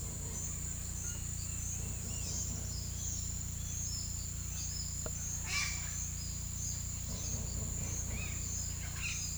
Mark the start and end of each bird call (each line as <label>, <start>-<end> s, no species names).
bird call, 3.76-7.71 s
bird call, 8.04-9.38 s